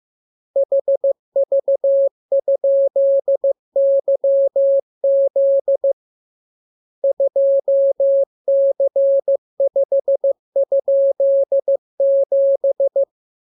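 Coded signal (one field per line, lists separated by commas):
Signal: Morse code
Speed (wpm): 15 wpm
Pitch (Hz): 550 Hz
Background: none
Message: HV?YZ 2C5?7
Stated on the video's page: Morse lesson drill of letters, numbers and punctuation as radiograms opening with VVV and = and ending with AR.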